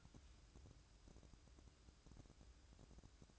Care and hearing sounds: daily activity, microphone in the room; take from stove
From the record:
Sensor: 2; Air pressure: 1007.8 hPa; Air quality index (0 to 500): 101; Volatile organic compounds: 1 ppm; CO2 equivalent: 760 ppm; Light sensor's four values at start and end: 7/16/6/6 and 7/16/6/6

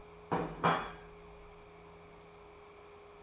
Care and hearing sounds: daily activity, microphone in the room; place plate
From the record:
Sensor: 1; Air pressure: 1015.1 hPa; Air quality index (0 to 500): 201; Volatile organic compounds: 25 ppm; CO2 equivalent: 2850 ppm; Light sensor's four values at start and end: 28/70/30/35 and 28/69/30/35

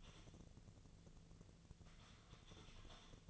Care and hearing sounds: daily activity, microphone in the room; typing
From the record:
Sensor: 4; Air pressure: 1001.0 hPa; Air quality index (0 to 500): 141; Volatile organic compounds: 2 ppm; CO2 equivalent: 1041 ppm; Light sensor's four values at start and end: 26/64/26/28 and 26/64/26/28

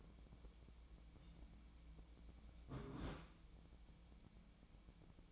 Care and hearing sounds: daily activity, microphone in the room; take from stove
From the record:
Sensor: 1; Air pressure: 1010.0 hPa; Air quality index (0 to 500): 186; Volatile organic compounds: 17 ppm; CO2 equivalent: 2564 ppm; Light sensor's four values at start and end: 39/99/41/51 and 39/99/41/50

